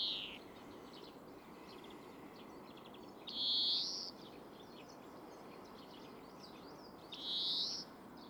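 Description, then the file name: European greenfinch calls: long buzzy wheezes a few seconds apart, the first cut off at the start, over constant low noise. "Chloris chloris"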